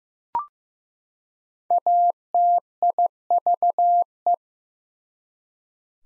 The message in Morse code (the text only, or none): ATIVE